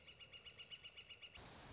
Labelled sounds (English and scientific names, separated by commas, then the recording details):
Northern Flicker (Colaptes auratus)
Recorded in Sonoma County, California